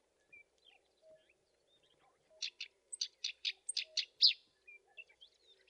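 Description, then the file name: Black-browed reed warbler: a short burst of about eight sharp, scratchy reed warbler notes rising above quiet background hiss, with faint scattered chirps before and after. Masteran, a training recording for teaching captive songbirds. "suara kerakbasi alis hitam masteran"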